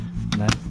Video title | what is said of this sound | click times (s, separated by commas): Triumph Rocket 3 GT Pannier Installation July 2020 | clips in job done right | 0.3 s, 0.5 s